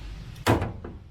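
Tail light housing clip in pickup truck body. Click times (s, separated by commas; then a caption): 0.5 s. With the screws loosened to finger tight, the plastic tail light housing is wiggled out of the bed side of a Nissan Frontier pickup truck. A retaining clip lets go with a sharp, loud pop at 0.5 s, followed by a quieter knock at 0.9 s. The clip releases and the tail light comes free.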